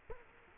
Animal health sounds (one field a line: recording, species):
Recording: mosquito wingbeat signal from an infrared sensor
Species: Culex quinquefasciatus